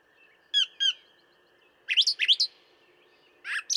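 Brown thrasher with a pair of clear notes, then a quick cluster of several slurred notes, and a final rough phrase.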